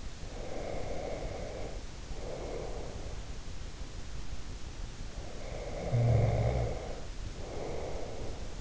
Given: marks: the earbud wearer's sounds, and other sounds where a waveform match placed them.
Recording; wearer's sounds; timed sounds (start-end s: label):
sounds in sleep by an in-ear microphone; breath, snoring breath
0.26-3.31 s: breath
5.30-8.61 s: snoring breath